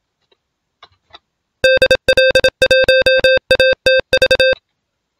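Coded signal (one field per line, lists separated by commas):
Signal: Morse code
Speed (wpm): 27 wpm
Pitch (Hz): 520 Hz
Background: music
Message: DL1ATV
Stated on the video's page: Home training for high-speed radiotelegraphy sport using RUFZ software.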